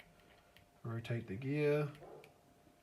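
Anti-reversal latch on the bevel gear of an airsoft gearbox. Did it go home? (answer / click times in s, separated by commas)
yes / 2.2 s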